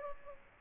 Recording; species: mosquito wingbeat signal from an infrared sensor; Aedes aegypti